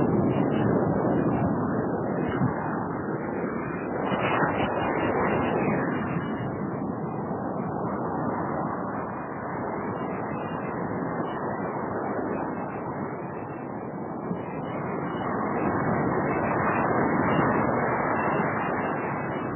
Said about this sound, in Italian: Sono le 4 di notte, sulla spiaggia di Capalbio non c'è nessuno. Siamo in compagnia del mare che fa sentire molto forte la sua voce. In lontananza si vedono saette, ma non piove e non fa neanche tanto freddo.